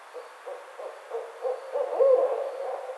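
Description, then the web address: Barred owl hooting: soft, regular hoots get steadily louder, peaking in a drawn-out note near the end. Recorded on 29 May 2009. "Barred Owl 2009 05 29"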